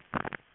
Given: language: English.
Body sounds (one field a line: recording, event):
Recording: throat vibration sensor signal played as sound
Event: swallow